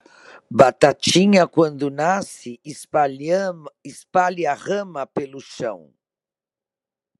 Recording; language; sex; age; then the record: short text; Brazilian Portuguese; female; 60 to 69 years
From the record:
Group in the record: control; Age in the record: 60 years